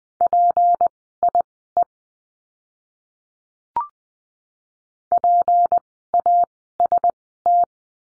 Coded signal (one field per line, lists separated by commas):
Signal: Morse code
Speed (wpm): 20 wpm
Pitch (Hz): 700 Hz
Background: none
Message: PIE PAST